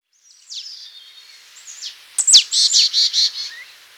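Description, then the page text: Marsh tit calling: a thin descending whistle, then a sharp downslurred note followed by a run of four or five harsh, buzzy notes repeated rapidly. "Marsh Tit Calls. Quick Sounds"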